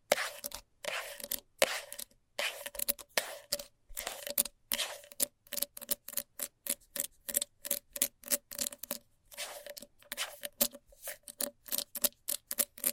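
Fast scratching in quick, bright rasping strokes, some running together in dense bursts and others separated by brief silences. The rhythm is rapid but uneven, with a faint steady tone beneath many strokes and a short pause near the nine-second mark.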